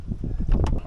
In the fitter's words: press those tilt unclicks bring it out a little bit you get to hear it